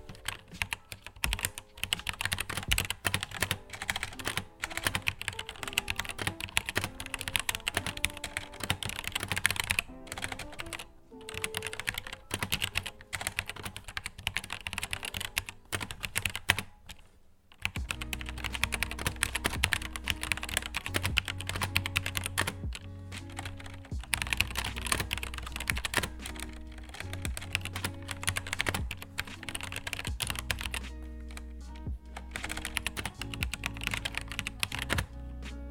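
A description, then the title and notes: Keyboard keys clatter almost nonstop as someone types homework, a dense, quick patter with short breaks near 11 and 17 seconds. Steady low tones and shifting held notes run underneath, and a deeper low sound grows stronger after the pause at 17 seconds. Keyboard sounds of me doing my homework. Keyboard from battletron, black switch + rgb. Mic : fifine k669b.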